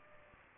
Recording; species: mosquito wingbeat signal from an infrared sensor; Aedes aegypti